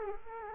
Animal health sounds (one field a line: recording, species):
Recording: mosquito wingbeat signal from an infrared sensor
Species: Culex quinquefasciatus